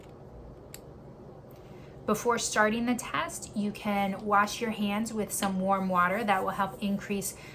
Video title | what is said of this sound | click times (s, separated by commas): Keto for Lipedema Blood Testing and Optimal Ketone Levels | and just slide that in the lanet holder and you'll hear a click | 0.7 s